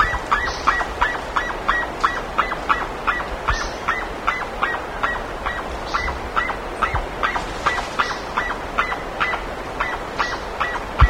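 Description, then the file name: Bird giving loud, regular honking notes at a brisk pace for the whole stretch, with short high calls above a constant hiss. "SABIOD 50 bird 2015"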